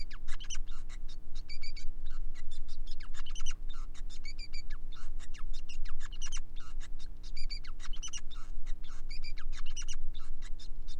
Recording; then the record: song of a male Bengalese finch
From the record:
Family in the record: son of father 5